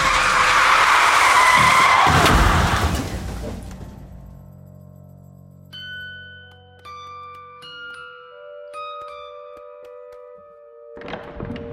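A car skids with a loud, shrill tire squeal and rushing roar for about three seconds, then the noise fades into a low rumble as soft, sustained chiming tones ring out.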